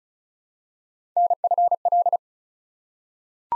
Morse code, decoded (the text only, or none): NFL